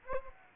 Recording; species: mosquito wingbeat signal from an infrared sensor; Aedes aegypti